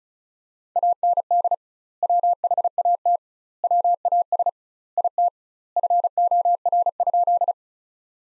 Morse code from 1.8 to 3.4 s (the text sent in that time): WHAT